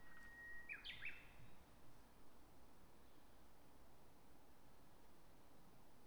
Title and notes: 宮沢賢治記念館駐車場, 国道456号, 花巻市, 岩手県, 日本 - uguisu in Polan Square. uguisu(鶯)=Horornis diphone